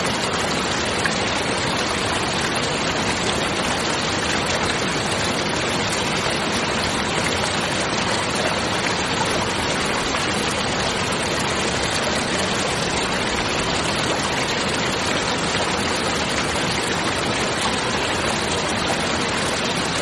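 Steady heavy rain pours down in a dense, even hiss that fills the whole range from low rumble to bright spatter. The sound barely changes over the twenty seconds, with no distinct thunderclaps standing out, just a constant wash of falling water.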